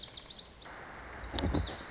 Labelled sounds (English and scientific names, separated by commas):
Lazuli Bunting (Passerina amoena)